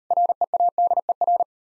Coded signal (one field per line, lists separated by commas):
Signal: Morse code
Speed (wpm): 39 wpm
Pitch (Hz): 700 Hz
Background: none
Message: READER